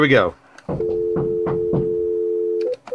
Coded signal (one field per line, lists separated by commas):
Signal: telephone call progress tone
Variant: North America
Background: speech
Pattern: dial tone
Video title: K5KTF and WA5VBP test a Cisco CP7971G-GE SIP mode Over Broadband-Hamnet mesh networking